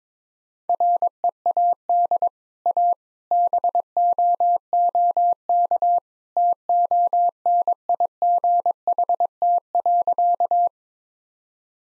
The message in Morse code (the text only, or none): READ A BOOK TONIGHT.